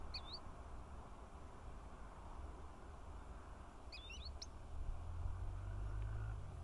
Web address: Pied wheatear. صدای-چكچک-ابلق